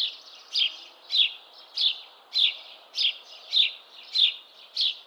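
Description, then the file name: House sparrow calling with a steady series of clear, sharp chirps spaced evenly, roughly one every 0.6 seconds, against a faint background hiss. "Passer domesticus"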